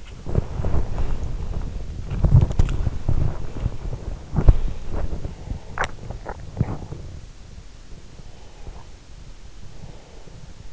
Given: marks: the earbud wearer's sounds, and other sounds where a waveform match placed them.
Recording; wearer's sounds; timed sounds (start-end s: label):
sounds in sleep by an in-ear microphone; body movement, breath
0.00-7.53 s: body movement
8.02-10.73 s: breath